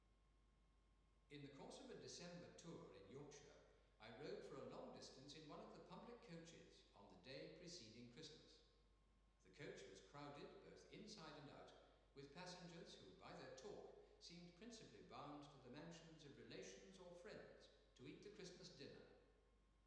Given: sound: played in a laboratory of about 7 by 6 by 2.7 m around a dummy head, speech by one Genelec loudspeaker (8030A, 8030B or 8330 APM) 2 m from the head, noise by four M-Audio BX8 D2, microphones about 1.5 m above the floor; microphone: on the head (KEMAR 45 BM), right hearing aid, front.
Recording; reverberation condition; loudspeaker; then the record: male speech in English; high; 30 degrees to the right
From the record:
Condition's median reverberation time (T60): about 1300 ms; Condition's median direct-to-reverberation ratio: about -4.0 dB